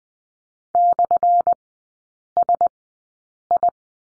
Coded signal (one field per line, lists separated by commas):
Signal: Morse code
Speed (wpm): 20 wpm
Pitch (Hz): 700 Hz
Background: none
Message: /SI